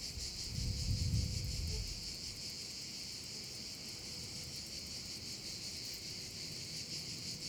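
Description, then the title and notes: Cicada chorus as a continuous high pulsing buzz, with a burst of low rumbling noise in the first two seconds. Several cicadas over the Vallo di Diano valley, Geoparco Padula, Italy; recorded with a Zoom H6 and MS capsule. "Geoparco Padula - Cicale sulla valle del Diano. Registrato con Zoom H6 e capsula MS"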